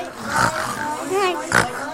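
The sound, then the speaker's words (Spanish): Children's voices imitate the piglets (chanchitos) in a story being told to them, making a few rough, snorting oink sounds in quick bursts, with mixed voiced chatter between them. “Pero se encontraron con los chanchitos.”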